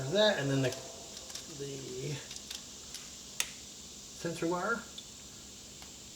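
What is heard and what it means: On a 2022 Alfa Romeo Stelvio, the brake pad wear sensor wire is clipped back into its holder during a brake pad replacement while someone talks. A sharp plastic snap at 3.4 seconds confirms the wire has seated in its clip.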